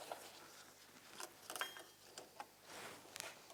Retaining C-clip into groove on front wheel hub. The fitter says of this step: you're going to want to hear that snap when it goes into position there that's it it's all the way